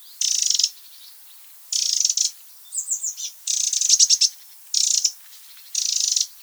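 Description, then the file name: Eurasian wren churring calls: dry, scratchy rattle bursts repeated several times, with a brief run of quick high chirps partway through. "Troglodytes troglodytes"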